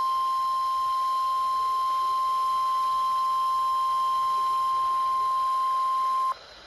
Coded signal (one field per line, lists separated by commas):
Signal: Emergency Alert System (SAME) tones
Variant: 1050 Hz attention tone